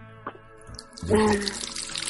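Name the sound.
water running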